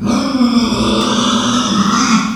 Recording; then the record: squeal of a Yucatan mini pig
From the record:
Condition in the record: after surgery on the right vocal fold (resection and tissue-engineered implant); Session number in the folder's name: 14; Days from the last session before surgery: 133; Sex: female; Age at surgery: 19 weeks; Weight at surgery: 25 kg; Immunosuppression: prednisolone